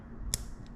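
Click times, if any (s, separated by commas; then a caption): 0.3 s. A ball bearing is pushed by hand back into the metal housing of a Shimano Vanford C3000XG spinning fishing reel body. It seats with one sharp snap at 0.3 s, followed by a faint tick at 0.7 s over low background noise.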